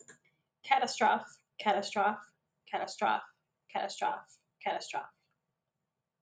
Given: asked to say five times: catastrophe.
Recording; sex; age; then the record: repeated word; female; 30 to 39 years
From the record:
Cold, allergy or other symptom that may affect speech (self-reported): no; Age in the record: 33 years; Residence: United States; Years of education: 19